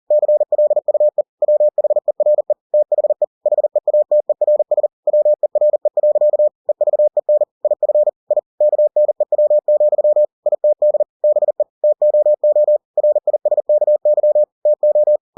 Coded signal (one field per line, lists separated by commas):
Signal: Morse code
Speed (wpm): 40 wpm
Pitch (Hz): 600 Hz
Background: none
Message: CLUE WHERE THE HEATERS WERE. EVEN IF I KNEW, ITD BE TOO RISKY TO